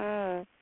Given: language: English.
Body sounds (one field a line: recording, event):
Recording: throat vibration sensor signal played as sound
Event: speech